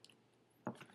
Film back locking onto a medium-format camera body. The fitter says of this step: push that lever back up locks into place